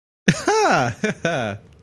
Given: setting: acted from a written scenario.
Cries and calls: vocal sound without words; positive surprise

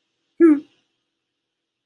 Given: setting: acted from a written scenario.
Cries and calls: vocal sound without words; serenity

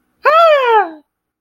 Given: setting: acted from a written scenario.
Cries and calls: vocal sound without words; fear

